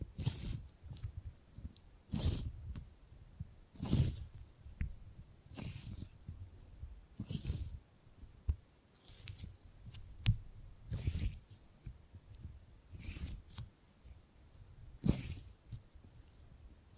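Hands grip and grab at something, making short rustling, scraping bursts every second or two across the whole recording. Each grab is brief, with a low thump and a bright crackly edge. Quiet gaps separate the bursts, with a few small clicks in between.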